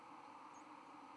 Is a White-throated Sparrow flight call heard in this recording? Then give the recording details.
no. Another species' flight call is heard. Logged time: 03:05 on 31 October 2014